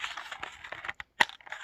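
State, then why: Seated. The plastic phone holder on the back of a Holystone HS720E drone remote controller is pulled out, with soft sliding and scraping sounds and a brief quiet gap. A sharp click at 1.2 s marks it locking into its extended position.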